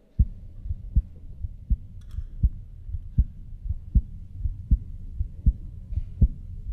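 Regular, strong, low-pitched heartbeat thumps at about 79 beats a minute, picked up in open air about six inches in front of an adult woman's chest, not through a stethoscope. The heartbeat is abnormally forceful and can be heard two feet away. It began months after surgery replacing an enlarged aorta, with the whole chest vibrating like an amplifier, thought due to sternal scar tissue.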